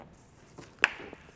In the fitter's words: Hear that? Hear that audible click? That means I was in there.